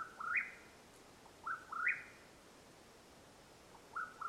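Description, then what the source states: Mexican whip-poor-will giving two husky phrases that climb in steps, then beginning a third. Calling at nightfall in Madera Canyon, Arizona, USA, on 21 April 2022.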